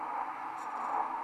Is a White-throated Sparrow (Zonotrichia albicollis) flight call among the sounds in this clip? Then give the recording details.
no. No flight call is heard. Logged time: 00:20 on 13 December 2014